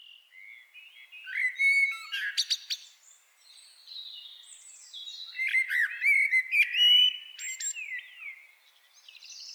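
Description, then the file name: Common blackbird song: mellow, flowing whistled phrases mixed with sharp, high chattering notes, delivered in two bursts separated by a brief quieter pause. "Turdus merula"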